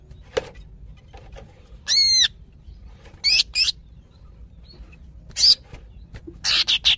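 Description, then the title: Greater green leafbird giving a clear ringing note followed by scattered harsh chirps and a closing cluster of scratchy calls, separated by short quiet gaps. Female calling a male, described as highly vocal (gacor hiper). "CUCAK IJO BETINA GACOR HIPER MEMANGGIL JANTAN"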